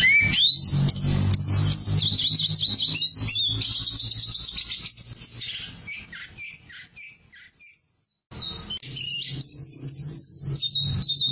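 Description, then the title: Oriental magpie-robin song: loud, fast run of sweet whistled and chattering notes that gradually fades away, breaks off, then starts up strongly again. "Suara Kicauan Burung Kacer Durasi Panjang"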